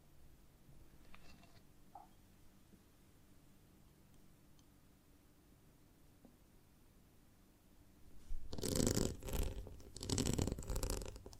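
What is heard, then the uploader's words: ASMR handling of a honeycomb on a branch. For about eight seconds there is only a soft low hum with a few faint, scattered taps and clicks. Then loud, dense crackling and crunching breaks out in two long bursts that run to the end. ASMR of a Honeycomb on Branch (No Talking).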